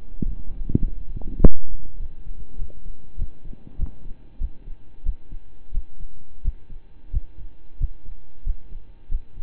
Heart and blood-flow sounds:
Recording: heart sounds by stethoscope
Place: between the tricuspid and mitral areas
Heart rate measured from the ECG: 95 bpm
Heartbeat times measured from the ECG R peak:
0.22 s: heartbeat
0.80 s: heartbeat
1.39 s: heartbeat
1.97 s: heartbeat
2.56 s: heartbeat
3.16 s: heartbeat
3.76 s: heartbeat
4.38 s: heartbeat
5.03 s: heartbeat
5.71 s: heartbeat
6.41 s: heartbeat
7.10 s: heartbeat
7.77 s: heartbeat
8.43 s: heartbeat
9.08 s: heartbeat
From the record:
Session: slow and fast walking with breaks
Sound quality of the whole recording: saturated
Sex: male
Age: 25 years

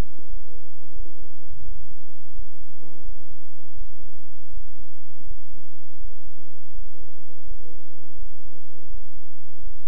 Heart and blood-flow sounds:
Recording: heart sounds by stethoscope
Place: between the tricuspid and mitral areas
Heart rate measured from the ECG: 84 bpm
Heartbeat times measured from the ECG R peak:
0.26 s: heartbeat
0.93 s: heartbeat
1.61 s: heartbeat
2.32 s: heartbeat
3.01 s: heartbeat
3.74 s: heartbeat
4.50 s: heartbeat
5.23 s: heartbeat
5.97 s: heartbeat
6.71 s: heartbeat
7.44 s: heartbeat
8.15 s: heartbeat
8.87 s: heartbeat
9.60 s: heartbeat
From the record:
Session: bicycle stress test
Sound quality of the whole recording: good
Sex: male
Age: 26 years

